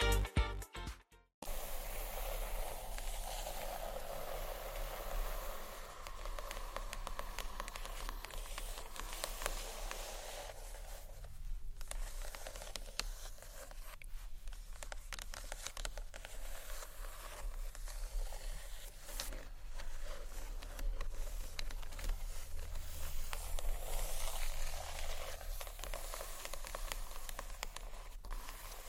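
Soft scratchy tapping on books runs almost the whole way, a dense, fairly even patter of light dry scrapes and taps. It opens with a few brief clicks and a near-silent gap before the first two seconds end, then holds steady with a faint low hum underneath.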